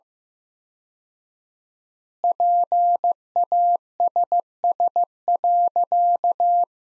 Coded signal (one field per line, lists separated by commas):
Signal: Morse code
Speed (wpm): 15 wpm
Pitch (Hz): 700 Hz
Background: none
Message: PASS.